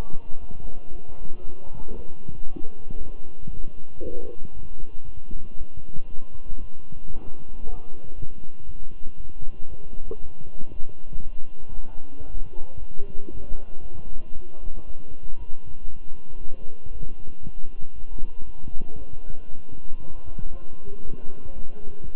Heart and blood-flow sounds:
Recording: heart sounds by stethoscope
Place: between the tricuspid and mitral areas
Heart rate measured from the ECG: 116 bpm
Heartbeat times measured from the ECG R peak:
0.40 s: heartbeat
0.91 s: heartbeat
1.43 s: heartbeat
1.95 s: heartbeat
2.46 s: heartbeat
2.97 s: heartbeat
3.49 s: heartbeat
4.01 s: heartbeat
4.53 s: heartbeat
5.05 s: heartbeat
5.57 s: heartbeat
6.09 s: heartbeat
6.60 s: heartbeat
7.12 s: heartbeat
7.63 s: heartbeat
8.14 s: heartbeat
8.65 s: heartbeat
9.16 s: heartbeat
9.68 s: heartbeat
10.20 s: heartbeat
10.72 s: heartbeat
11.23 s: heartbeat
11.74 s: heartbeat
12.26 s: heartbeat
12.78 s: heartbeat
13.31 s: heartbeat
13.81 s: heartbeat
14.33 s: heartbeat
14.85 s: heartbeat
15.37 s: heartbeat
15.88 s: heartbeat
16.39 s: heartbeat
16.91 s: heartbeat
17.43 s: heartbeat
17.94 s: heartbeat
18.45 s: heartbeat
18.97 s: heartbeat
19.49 s: heartbeat
20.00 s: heartbeat
20.51 s: heartbeat
21.03 s: heartbeat
21.54 s: heartbeat
22.04 s: heartbeat
From the record:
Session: walking at 3.7 km/h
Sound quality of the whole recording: good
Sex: male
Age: 23 years

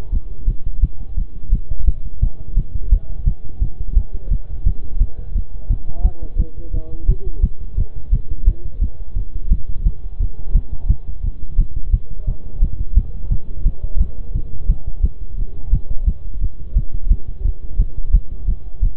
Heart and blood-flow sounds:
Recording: heart sounds by stethoscope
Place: between the tricuspid and mitral areas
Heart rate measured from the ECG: 173 bpm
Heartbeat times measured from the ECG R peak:
0.12 s: heartbeat
0.48 s: heartbeat
0.83 s: heartbeat
1.17 s: heartbeat
1.53 s: heartbeat
1.88 s: heartbeat
2.22 s: heartbeat
2.57 s: heartbeat
2.92 s: heartbeat
3.27 s: heartbeat
3.62 s: heartbeat
3.97 s: heartbeat
4.31 s: heartbeat
4.66 s: heartbeat
5.01 s: heartbeat
5.35 s: heartbeat
5.70 s: heartbeat
6.05 s: heartbeat
6.39 s: heartbeat
6.74 s: heartbeat
7.09 s: heartbeat
7.43 s: heartbeat
7.78 s: heartbeat
8.13 s: heartbeat
8.47 s: heartbeat
8.82 s: heartbeat
9.16 s: heartbeat
9.51 s: heartbeat
9.86 s: heartbeat
10.20 s: heartbeat
10.55 s: heartbeat
10.90 s: heartbeat
11.24 s: heartbeat
11.59 s: heartbeat
11.93 s: heartbeat
12.28 s: heartbeat
12.63 s: heartbeat
12.97 s: heartbeat
13.32 s: heartbeat
13.66 s: heartbeat
14.01 s: heartbeat
14.35 s: heartbeat
14.70 s: heartbeat
15.04 s: heartbeat
15.38 s: heartbeat
15.73 s: heartbeat
16.07 s: heartbeat
16.42 s: heartbeat
16.76 s: heartbeat
17.11 s: heartbeat
17.45 s: heartbeat
17.79 s: heartbeat
18.14 s: heartbeat
18.48 s: heartbeat
18.82 s: heartbeat
From the record:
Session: bicycle stress test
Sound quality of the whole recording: good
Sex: male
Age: 23 years

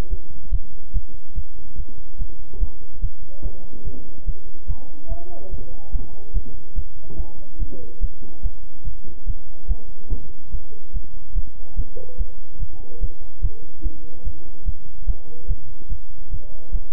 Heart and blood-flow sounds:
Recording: heart sounds by stethoscope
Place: between the tricuspid and mitral areas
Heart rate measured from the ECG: 144 bpm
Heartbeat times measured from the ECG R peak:
0.09 s: heartbeat
0.50 s: heartbeat
0.92 s: heartbeat
1.34 s: heartbeat
1.75 s: heartbeat
2.17 s: heartbeat
2.58 s: heartbeat
3.00 s: heartbeat
3.42 s: heartbeat
3.83 s: heartbeat
4.25 s: heartbeat
4.66 s: heartbeat
5.08 s: heartbeat
5.49 s: heartbeat
5.91 s: heartbeat
6.32 s: heartbeat
6.74 s: heartbeat
7.16 s: heartbeat
7.58 s: heartbeat
7.99 s: heartbeat
8.41 s: heartbeat
8.83 s: heartbeat
9.25 s: heartbeat
9.67 s: heartbeat
10.08 s: heartbeat
10.50 s: heartbeat
10.92 s: heartbeat
11.33 s: heartbeat
11.75 s: heartbeat
12.17 s: heartbeat
12.58 s: heartbeat
12.99 s: heartbeat
13.41 s: heartbeat
13.82 s: heartbeat
14.23 s: heartbeat
14.64 s: heartbeat
15.05 s: heartbeat
15.47 s: heartbeat
15.88 s: heartbeat
16.29 s: heartbeat
16.71 s: heartbeat
From the record:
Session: bicycle stress test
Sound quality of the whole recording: good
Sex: male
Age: 26 years

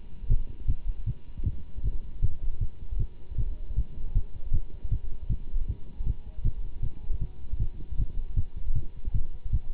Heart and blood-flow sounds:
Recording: heart sounds by stethoscope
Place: between the tricuspid and mitral areas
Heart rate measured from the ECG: 156 bpm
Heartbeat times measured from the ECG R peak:
0.29 s: heartbeat
0.67 s: heartbeat
1.06 s: heartbeat
1.44 s: heartbeat
1.83 s: heartbeat
2.21 s: heartbeat
2.60 s: heartbeat
2.98 s: heartbeat
3.37 s: heartbeat
3.75 s: heartbeat
4.14 s: heartbeat
4.52 s: heartbeat
4.90 s: heartbeat
5.29 s: heartbeat
5.67 s: heartbeat
6.05 s: heartbeat
6.43 s: heartbeat
6.82 s: heartbeat
7.20 s: heartbeat
7.59 s: heartbeat
7.97 s: heartbeat
8.36 s: heartbeat
8.74 s: heartbeat
9.13 s: heartbeat
9.52 s: heartbeat
From the record:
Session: Bruce protocol treadmill stress test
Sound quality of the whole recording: good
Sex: male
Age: 24 years

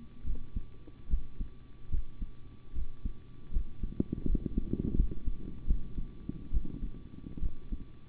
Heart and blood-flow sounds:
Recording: heart sounds by stethoscope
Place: between the tricuspid and mitral areas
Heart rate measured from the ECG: 75 bpm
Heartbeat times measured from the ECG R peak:
0.24 s: heartbeat
1.08 s: heartbeat
1.89 s: heartbeat
2.73 s: heartbeat
3.51 s: heartbeat
4.25 s: heartbeat
4.95 s: heartbeat
5.65 s: heartbeat
6.52 s: heartbeat
7.41 s: heartbeat
From the record:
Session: rest, sitting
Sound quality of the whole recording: good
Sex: male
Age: 25 years

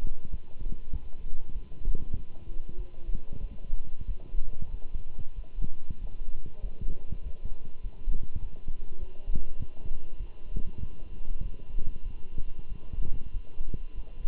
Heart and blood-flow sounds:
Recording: heart sounds by stethoscope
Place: between the tricuspid and mitral areas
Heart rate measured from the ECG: 97 bpm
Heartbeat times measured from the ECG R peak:
0.32 s: heartbeat
0.92 s: heartbeat
1.54 s: heartbeat
2.15 s: heartbeat
2.77 s: heartbeat
3.42 s: heartbeat
4.07 s: heartbeat
4.71 s: heartbeat
5.35 s: heartbeat
6.01 s: heartbeat
6.62 s: heartbeat
7.23 s: heartbeat
7.83 s: heartbeat
8.41 s: heartbeat
9.00 s: heartbeat
9.59 s: heartbeat
10.19 s: heartbeat
10.80 s: heartbeat
11.42 s: heartbeat
12.04 s: heartbeat
12.69 s: heartbeat
13.33 s: heartbeat
13.95 s: heartbeat
From the record:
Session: walking at 3.7 km/h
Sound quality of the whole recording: good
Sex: male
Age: 24 years

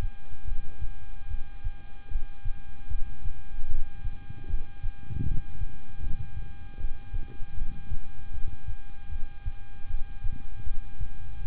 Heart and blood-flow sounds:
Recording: heart sounds by stethoscope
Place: between the tricuspid and mitral areas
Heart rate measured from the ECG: 77 bpm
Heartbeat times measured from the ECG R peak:
0.45 s: heartbeat
1.28 s: heartbeat
2.08 s: heartbeat
2.88 s: heartbeat
3.67 s: heartbeat
4.47 s: heartbeat
5.24 s: heartbeat
6.00 s: heartbeat
6.77 s: heartbeat
7.54 s: heartbeat
8.31 s: heartbeat
9.09 s: heartbeat
9.87 s: heartbeat
10.64 s: heartbeat
11.41 s: heartbeat
From the record:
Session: rest, lying down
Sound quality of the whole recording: good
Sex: male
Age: 26 years

